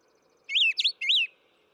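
Brown thrasher giving one short phrase of three swooping, slurred whistled notes.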